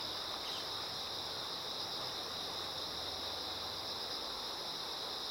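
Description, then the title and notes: Insects keep up a dense, steady high-pitched drone over the hiss of flowing water. Insects singing in chorus beside a slowly flowing river. "流れる川の音、虫の歌声に身を任せて. 川がゆっくり流れる音にのせて、虫たちが合唱する"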